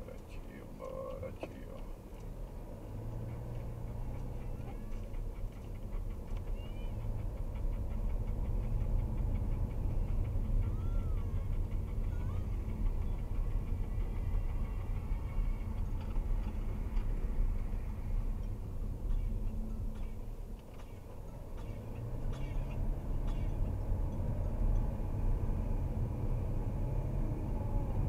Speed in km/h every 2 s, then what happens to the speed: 8, 18, 18, 22, 27, 25, 24, 23, 21, 14, 18, 30, 39, 47.
0-8 speeds up to 27. 8-19 slows to 14. 19-28 speeds up to 47.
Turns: none.